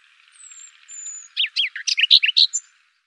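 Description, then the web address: Bird song, two thin high whistles, then a fast series of loud chirping notes. "Deverinetal 2025"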